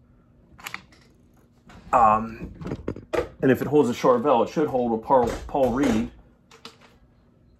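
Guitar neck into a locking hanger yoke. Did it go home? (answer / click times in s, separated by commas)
yes / 6.6 s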